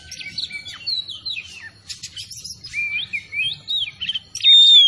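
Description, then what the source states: Oriental magpie-robin singing a quick medley of chirps, twitters and sliding whistles, ending in a loud clear whistled note. Tretes kacer singing vigorously (gacor).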